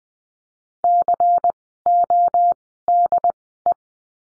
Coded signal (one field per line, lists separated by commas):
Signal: Morse code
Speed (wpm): 20 wpm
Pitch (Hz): 700 Hz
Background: none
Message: CODE